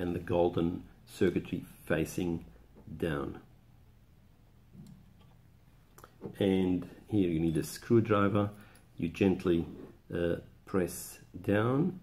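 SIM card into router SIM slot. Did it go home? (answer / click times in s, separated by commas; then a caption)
no / none. A SIM card is lined up at the SIM slot of a Comset router, with its cutout edge and golden contacts facing down, ready to be pressed home with a screwdriver. Someone talks throughout, and between about 4 and 6 seconds there are only faint short ticks of handling. The card has not seated or clicked yet.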